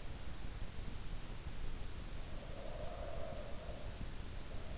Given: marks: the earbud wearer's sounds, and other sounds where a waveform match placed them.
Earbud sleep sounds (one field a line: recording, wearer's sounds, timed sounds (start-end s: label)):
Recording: sounds in sleep by an in-ear microphone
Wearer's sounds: breath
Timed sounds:
2.52-4.17 s: breath